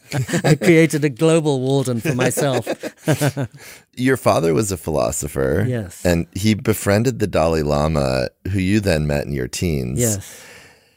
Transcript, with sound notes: I created a global Walden for myself. [Laughter]
Your father was a philosopher, and he befriended the Dalai Lama, whom you then met in your teens.